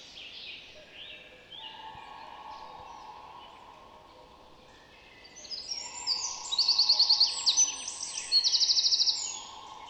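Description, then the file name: Eurasian wren song: soft high twittering at first, then two loud rattling trills in the last four seconds. "Troglodytes troglodytes"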